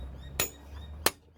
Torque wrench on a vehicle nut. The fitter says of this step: set torque wrench to 125 Newton meters and keep going until it clicks.